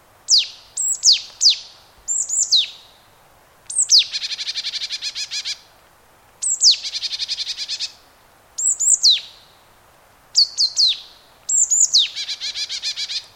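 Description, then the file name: Marsh tit calls: repeated high sharp down-slurred notes, several times leading into fast buzzing chatter runs, steady sequence throughout. "Poecile palustris"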